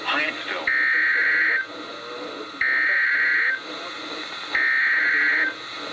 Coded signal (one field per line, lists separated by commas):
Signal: Emergency Alert System (SAME) tones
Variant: header bursts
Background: speech